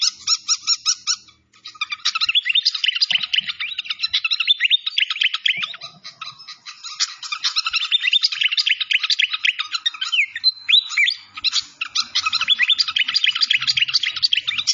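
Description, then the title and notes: Malaysian pied fantail song, a long, busy run of fast twittering and trilled phrases, pausing only briefly. Clear-voiced song from a masteran (training recording for cage birds). "Masteran Sikatan Kipas Suara Jernih Dan Suara Gemericik Air. Suara Burung Sikatan Londo"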